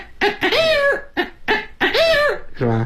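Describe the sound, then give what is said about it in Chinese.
A Chinese vocal mimicry (kouji) performer imitates an old hen clucking, using circular breathing and a rooster-like voice, with a run of loud, nasal, rising-and-falling squawks in quick bursts, ending on a lower, buzzing cluck. “你比如说老母鸡。是吧，它这种声音。用那个雄鸡的声音。”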